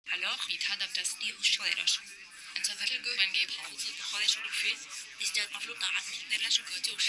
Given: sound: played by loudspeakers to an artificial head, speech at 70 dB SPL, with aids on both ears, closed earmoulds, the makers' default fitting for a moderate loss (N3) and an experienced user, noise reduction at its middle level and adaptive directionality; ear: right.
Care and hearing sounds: speech test signal (ISTS) in cocktail-party noise; +3 dB; in front (0 degrees)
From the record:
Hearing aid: class 2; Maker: H

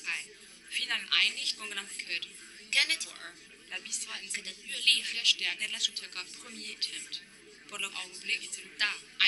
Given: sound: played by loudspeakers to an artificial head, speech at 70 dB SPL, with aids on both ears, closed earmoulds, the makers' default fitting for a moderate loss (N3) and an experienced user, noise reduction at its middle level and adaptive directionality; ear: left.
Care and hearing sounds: speech test signal (ISTS) in cocktail-party noise; 0 dB; in front (0 degrees)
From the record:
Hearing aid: class 2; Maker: J

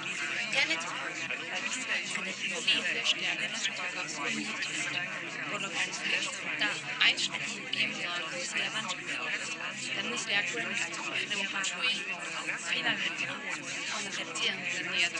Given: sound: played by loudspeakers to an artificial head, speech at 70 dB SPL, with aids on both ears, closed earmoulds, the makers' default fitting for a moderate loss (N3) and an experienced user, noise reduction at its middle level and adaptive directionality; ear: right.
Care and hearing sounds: speech test signal (ISTS) in cocktail-party noise; -6 dB; in front (0 degrees)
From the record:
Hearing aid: class 2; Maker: G

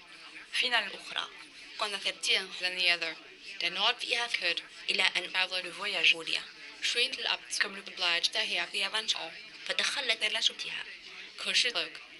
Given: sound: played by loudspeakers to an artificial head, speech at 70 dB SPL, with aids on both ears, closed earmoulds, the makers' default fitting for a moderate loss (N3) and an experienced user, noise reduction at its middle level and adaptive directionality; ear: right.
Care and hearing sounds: speech test signal (ISTS) in cocktail-party noise; +9 dB; in front (0 degrees)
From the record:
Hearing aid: class 2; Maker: B

